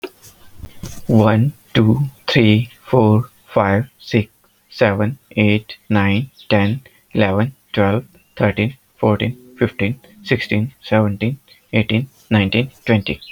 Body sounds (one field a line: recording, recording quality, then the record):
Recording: counting at a normal pace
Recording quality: moderate, slight background noise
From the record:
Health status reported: healthy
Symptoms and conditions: none ticked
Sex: male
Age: 29 years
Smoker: not ticked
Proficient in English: yes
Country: India